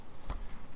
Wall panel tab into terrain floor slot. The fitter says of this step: and that locks in all right you have three walls